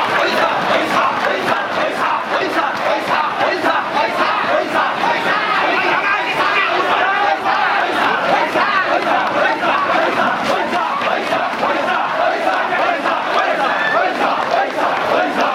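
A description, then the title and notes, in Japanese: Crowd noise from the Oiyamakasa float race along Higashimachi-suji: a thick, unbroken mass of many voices shouting and chanting together. The din stays at an even loudness throughout, with rapid overlapping calls and short sharp cries constantly breaking through. 二番山笠 西流 追い山笠(東町筋)。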